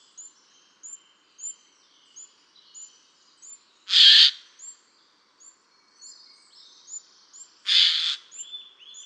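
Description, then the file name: Eurasian jay, two hoarse, noisy screeches nearly four seconds apart over a backdrop of faint, thin repeated chirps from other small birds. "Garrulus glandarius"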